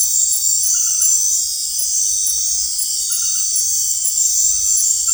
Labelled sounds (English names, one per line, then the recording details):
none
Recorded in secondary vegetation near Puerto Asís, Putumayo, Colombia, on 19 March 2025 at 20:00
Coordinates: 0.499, -76.323
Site G094